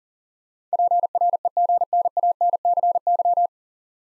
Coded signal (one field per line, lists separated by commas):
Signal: Morse code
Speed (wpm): 38 wpm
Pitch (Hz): 700 Hz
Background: none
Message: PREGNANCY